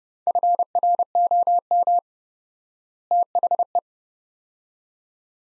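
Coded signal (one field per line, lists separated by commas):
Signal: Morse code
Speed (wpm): 29 wpm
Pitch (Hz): 700 Hz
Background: none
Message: FROM THE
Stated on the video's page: Morse practice sets of two words at 30 wpm with 4x word spacing, a word-level analogue of Farnsworth spacing, for head-copy training.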